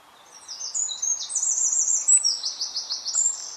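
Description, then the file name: Eurasian wren song: a rapid, very high tumble of sharp notes and fast trills lasting about three seconds over faint background hiss. "Troglodytes troglodytes"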